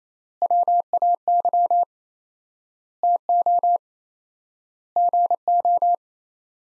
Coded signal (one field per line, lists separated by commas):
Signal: Morse code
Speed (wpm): 28 wpm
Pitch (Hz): 700 Hz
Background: none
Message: WAY TO GO